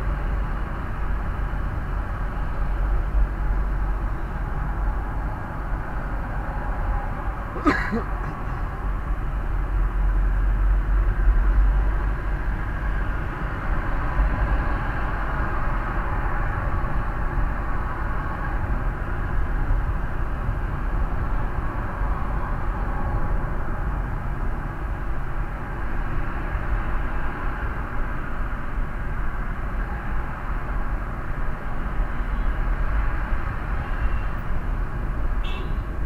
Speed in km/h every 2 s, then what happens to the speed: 39, 39, 39, 39, 38, 40, 43, 46, 48, 49, 50, 50, 49, 50, 54, 52, 53, 52.
0-9 steady at about 39. 9-17 speeds up to 49. 17-36 steady at about 50.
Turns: none.